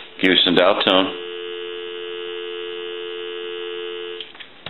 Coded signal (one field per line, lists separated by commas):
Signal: telephone call progress tone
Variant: North America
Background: speech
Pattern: dial tone